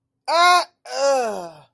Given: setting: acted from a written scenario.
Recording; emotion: vocal sound without words; negative surprise